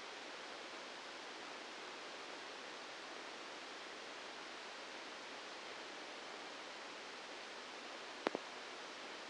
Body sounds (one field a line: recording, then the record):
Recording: brain microelectrode recording played as sound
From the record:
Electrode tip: inside the subthalamic nucleus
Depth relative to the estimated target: -2 mm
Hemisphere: left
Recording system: NeuroSet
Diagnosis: Parkinson's disease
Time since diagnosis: 8 years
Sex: male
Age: 59 years